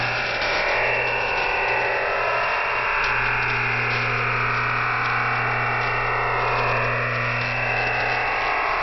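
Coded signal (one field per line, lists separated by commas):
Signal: digital SSTV (DRM)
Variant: EasyDRF OFDM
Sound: continuous even rushing hiss across a wide band, unchanging for the whole clip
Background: low hum, radio static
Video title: Shortwave Radiogram EasyDRF Part 2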